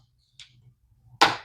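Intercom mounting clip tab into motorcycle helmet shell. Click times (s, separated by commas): 1.2 s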